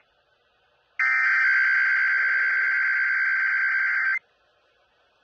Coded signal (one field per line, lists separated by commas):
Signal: Emergency Alert System (SAME) tones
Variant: header bursts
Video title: KKXX CAUGHT IT A TEST... EAS Alerts from June 2025 (EAS#4,153 - #4,197)